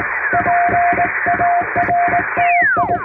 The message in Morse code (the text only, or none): PARTI